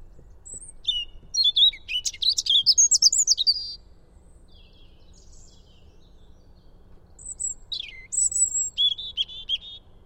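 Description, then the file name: European robin song in two bursts: a rapid, jangling run of high warbled notes, silence, then a thin whistle leading into descending trills. "Erithacus rubecula"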